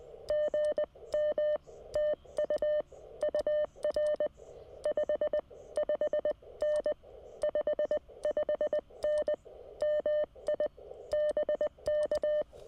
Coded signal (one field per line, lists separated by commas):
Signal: Morse code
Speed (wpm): 19 wpm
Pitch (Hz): 590 Hz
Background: none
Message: GM TU UR 55N 55N MI BK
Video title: Monday Morning CW POTA at US-1540 Sleepy Hollow State Park